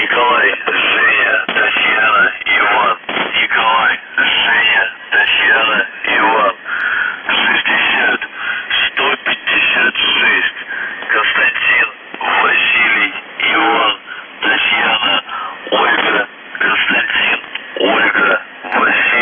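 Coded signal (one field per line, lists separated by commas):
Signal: numbers station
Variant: UVB-76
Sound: a voice reading a message over band-limited radio, words separated by short pauses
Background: radio static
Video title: The Buzzer/UVB-76(4625Khz) August 9, 2021 15:36UTC Voice message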